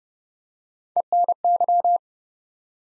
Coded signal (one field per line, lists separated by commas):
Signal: Morse code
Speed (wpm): 30 wpm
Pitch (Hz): 700 Hz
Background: none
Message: ENY